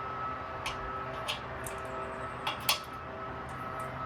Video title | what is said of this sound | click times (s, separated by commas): Installation and usage of QuikrStuff Mach2 | Yeah, I can hear it click as I unlock. | 2.7 s